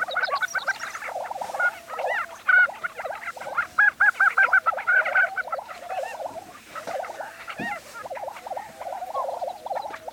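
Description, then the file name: Lesser prairie chickens in a busy chorus of yelping, cackling calls, with clear whistle-like notes in the middle and steady chatter throughout. Recorded on 20 April 2013. "2013-04-20 Lesser Prairie Chicken"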